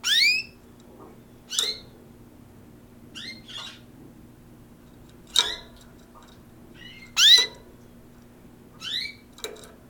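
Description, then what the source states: Canary chirps: short upswept, harmonic-rich notes given singly every one to two seconds, with quiet gaps and a faint steady hum underneath. Several canaries; coincident microphone pair of Electro-Voice RE510 microphones.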